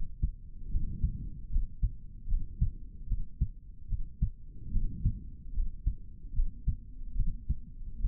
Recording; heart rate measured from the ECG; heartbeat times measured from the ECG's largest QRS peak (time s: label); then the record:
heart sounds by stethoscope; 74 bpm
0.70 s: heartbeat
1.49 s: heartbeat
2.27 s: heartbeat
3.07 s: heartbeat
3.88 s: heartbeat
4.71 s: heartbeat
5.53 s: heartbeat
6.33 s: heartbeat
7.15 s: heartbeat
7.99 s: heartbeat
From the record:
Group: healthy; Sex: male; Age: 55 years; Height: 167 cm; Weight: 57.2 kg